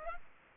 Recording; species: mosquito wingbeat signal from an infrared sensor; Culex pipiens